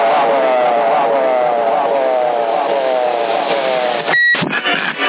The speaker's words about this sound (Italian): E quello che apparato è però? C'è il bip lungo, non è un 48, no?